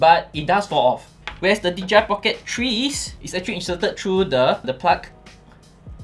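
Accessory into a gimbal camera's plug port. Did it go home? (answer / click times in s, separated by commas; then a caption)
yes / 5.3 s. An accessory is pushed onto a DJI Pocket 3 gimbal camera through its plug port while someone talks over background music. It snaps into place with a click at 5.3 s, followed by a smaller sound at 5.5 s, and is seated.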